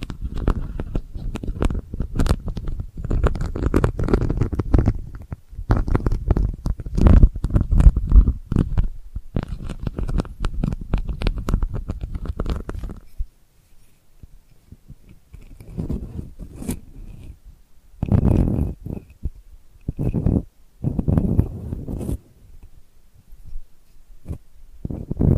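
Delicate scratching runs as dense, rapid strokes for the first thirteen seconds, rough and mostly low with crisp upper edges. After a brief near-quiet stretch, scratching returns in shorter separate bursts around 16, 18, 21 and 25 seconds.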